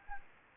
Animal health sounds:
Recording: mosquito wingbeat signal from an infrared sensor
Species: Anopheles gambiae

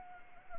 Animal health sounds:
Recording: mosquito wingbeat signal from an infrared sensor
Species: Anopheles gambiae

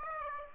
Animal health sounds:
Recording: mosquito wingbeat signal from an infrared sensor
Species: Aedes aegypti

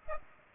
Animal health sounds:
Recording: mosquito wingbeat signal from an infrared sensor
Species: Aedes aegypti

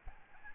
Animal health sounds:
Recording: mosquito wingbeat signal from an infrared sensor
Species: Aedes albopictus

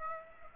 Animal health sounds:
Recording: mosquito wingbeat signal from an infrared sensor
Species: Aedes aegypti

